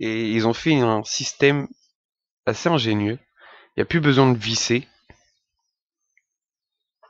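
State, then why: Seated. Someone talks, then the refill bottle holder of a squonk vape box is fitted and clips into place, with two short sharp plastic clicks at 5.1 s and 6.2 s. The bottle system is seated in the box.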